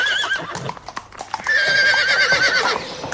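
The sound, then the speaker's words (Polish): In a racing stable, a horse gives a brief high neigh, then after a few clattering hoof sounds lets out a longer, loud, quavering whinny that wavers up and down in pitch. “Znajdujemy się w tej chwili w stajni wyścigowej.”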